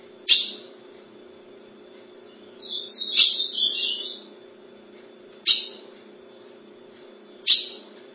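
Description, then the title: Ultramarine grosbeak song: a short, warbling burst of whistled notes between sharp, abrupt clicking notes, over a steady low hum. "Azulao"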